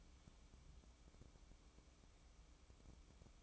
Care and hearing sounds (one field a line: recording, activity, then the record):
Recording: daily activity, microphone in the room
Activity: take from stove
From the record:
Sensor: 1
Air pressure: 1008.0 hPa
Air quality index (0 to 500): 131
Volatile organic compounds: 2 ppm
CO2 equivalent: 1105 ppm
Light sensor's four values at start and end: 8/19/7/8 and 8/19/7/8